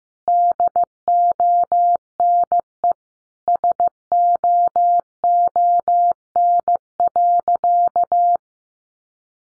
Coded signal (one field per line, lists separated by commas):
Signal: Morse code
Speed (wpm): 15 wpm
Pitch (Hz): 700 Hz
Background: none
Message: DONE SOON.